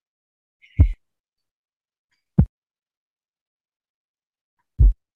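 Three dull, low-pitched thuds, widely spaced, from a slowed simulated heart. This is a third heart sound (S3), a low early-diastolic sound best heard with the bell at the apex. It can be normal in young people, athletes or pregnancy, or signal heart failure.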